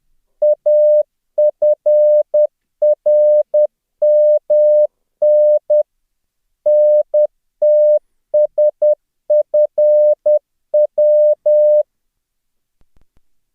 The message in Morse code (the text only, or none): AFRMN NTSFW